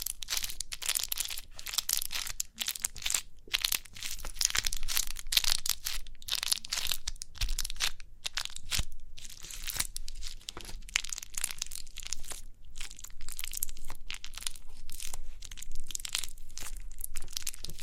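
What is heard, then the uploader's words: Crinkly crackling and rustling from pimple popping runs almost without a break, a dense stream of sharp, bright crackles and crunches. It comes in irregular bursts with brief gaps, sometimes twice a second, steady in loudness throughout, over a faint low hum. Crinkly Pimple Popping.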